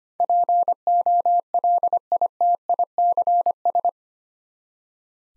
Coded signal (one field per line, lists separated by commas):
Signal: Morse code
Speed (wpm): 25 wpm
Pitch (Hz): 700 Hz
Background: none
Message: POLITICS